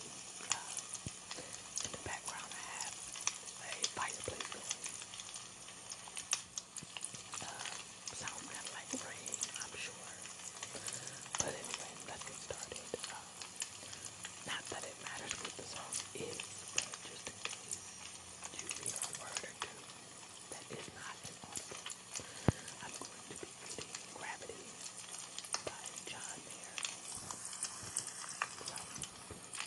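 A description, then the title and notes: A fireplace crackles steadily for the whole stretch, with dense, irregular pops and snaps scattered across the clip and a few sharper cracks near 19 and 23 seconds. Underneath sits a soft, even hiss and a faint low hum. A fireplace crackling.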